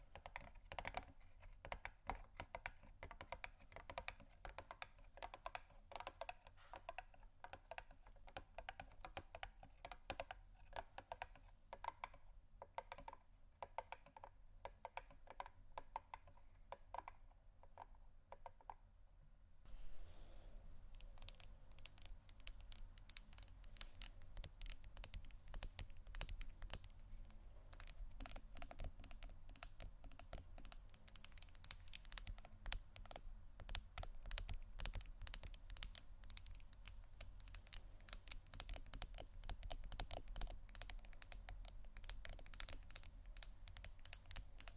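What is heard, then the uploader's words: Gentle tapping runs throughout as dense, rapid clicks, much like typing on a keyboard. Around twenty seconds the sound shifts: the taps become brighter, crisper and slightly louder, with a steady low hum underneath continuing to the end. ASMR Gentle Tapping Assortment (No Talking).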